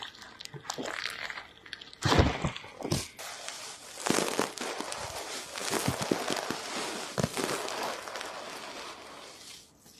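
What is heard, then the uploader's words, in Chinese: Ear cleaning with no voice: dense scratching and crackling rubs continue throughout, with sharper, louder scrapes near 2, 3, 4 and 7 seconds. The rustle is bright and papery, easing toward the end. 掏耳无人声助眠。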